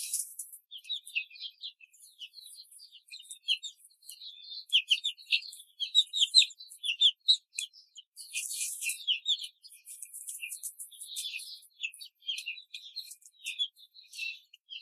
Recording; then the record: young laying hens in a cage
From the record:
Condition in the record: control cage, before the stress test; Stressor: none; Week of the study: 4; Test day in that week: 3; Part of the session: 2